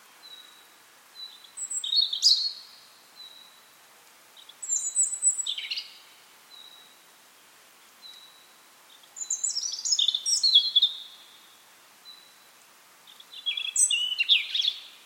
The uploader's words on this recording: Bird Sounds from Sile, Istanbul. Recorded using Rode NT5 (ORTF configuration) with Zoom F6.